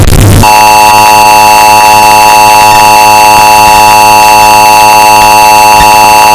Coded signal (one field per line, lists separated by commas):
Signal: Emergency Alert System (SAME) tones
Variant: 853 and 960 Hz attention tone